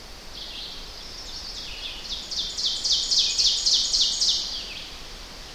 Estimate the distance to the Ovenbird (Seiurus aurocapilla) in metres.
about 25 m